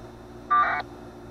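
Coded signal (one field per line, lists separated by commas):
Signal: packet radio (AX.25, as in APRS)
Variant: 1200 baud AFSK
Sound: a brief harsh warbling data burst, about a third of a second long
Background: low hum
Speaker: signal couldn't ask for anything better perfect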